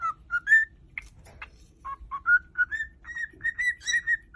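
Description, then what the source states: Cockatiel whistling, a string of short whistled notes over a faint low background hum. Several cockatiels singing and whistling.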